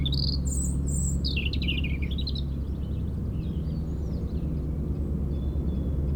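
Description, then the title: European robin song, a tumbling sequence of high warbled and descending notes, then softer thin phrases, against a heavy low helicopter throb. Sings in a hedge near Lac du Bourget, Brison-Saint-Innocent, France, during a helicopter airlift for cliff works, its echo off the Corsuet mountain; Zoom H4n Pro placed upright on the ground. "4 Chem. de la Pointe Forestier, 73100 Brison-Saint-Innocent, France - Duo rouge-gorge hélicoptère."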